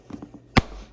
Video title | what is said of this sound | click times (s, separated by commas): Journeyman Electrician Ridgid Pro Tool Rolling System Setup | snap in place so like i said i really do enjoy | 0.6 s